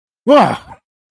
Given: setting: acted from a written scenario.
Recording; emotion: vocal sound without words; fear